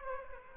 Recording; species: mosquito wingbeat signal from an infrared sensor; Aedes aegypti